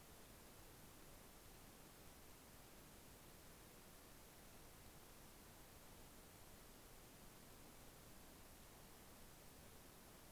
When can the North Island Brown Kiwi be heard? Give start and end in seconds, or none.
none